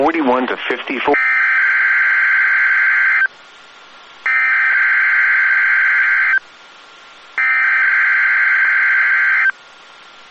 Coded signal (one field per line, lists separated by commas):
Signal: Emergency Alert System (SAME) tones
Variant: header bursts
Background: speech